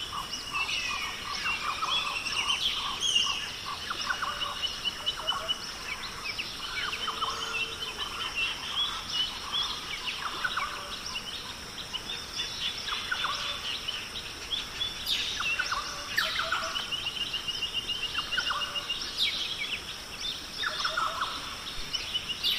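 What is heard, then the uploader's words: A rainforest chorus of frogs and birds calls densely and without pause, bright chirps and trills overlapping throughout. A steady high insect-like whine runs underneath, with a soft rushing wash of water filling the low end. Sharper calls stand out around 3, 15 and 19 seconds. Calming Rainforest, Frogs, and Waterfalls.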